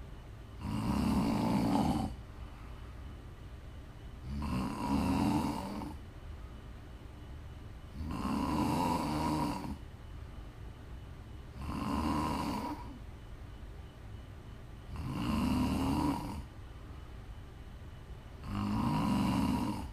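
Six loud, rough snores from an adult woman asleep come at fairly regular intervals, about 17 to 18 a minute. Each one is a low, rattling vibration on the in-breath, with quiet breathing between them. This is ordinary sleep snoring.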